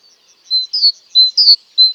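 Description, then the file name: Great tit giving high two-part notes, a level whistle then a downslurred note, repeated a few times. "Parus major"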